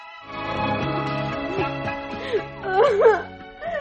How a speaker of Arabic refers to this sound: بطلي عياط. غصبني يا ماما. تكونش لسه بتحبيه يا بنت؟ مش قوي يا ماما. امال بتعيطي ليه؟ على بختي، على بختي يا ماما، بعد ما كنت متجوزه دلوقتي بقيت متطلقه.